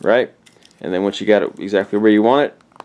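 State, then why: Not seated. A radar detector's suction-cup windshield mount is held against a car windshield, and someone talks throughout. Two sharp clicks sound at the very end, around 2.8 and 2.9 seconds. The plastic locking lever has not yet been pushed down, so nothing has seated or clicked into place yet.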